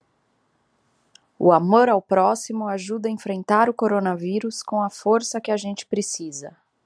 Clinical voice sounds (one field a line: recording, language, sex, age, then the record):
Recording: spoken sentence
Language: Brazilian Portuguese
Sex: female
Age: 30 to 39 years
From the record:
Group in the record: control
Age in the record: 38 years